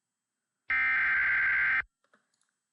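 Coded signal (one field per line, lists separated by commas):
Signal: Emergency Alert System (SAME) tones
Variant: header bursts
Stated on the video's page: Mock EAS tones made with EASyPLUS.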